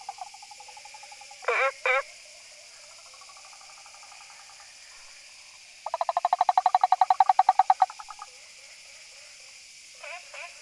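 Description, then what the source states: Frog giving rapid pulsed trills, with two loud wavering croak-like bursts early and a strong burst of fast pulses midway, plus quieter pulsed calls throughout. Recorded 18 August 2013.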